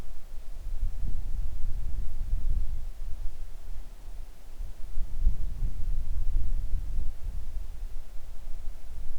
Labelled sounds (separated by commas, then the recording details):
wind
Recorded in the Arctic National Wildlife Refuge, Alaska, on 3 August 2019 at 10:28
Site 41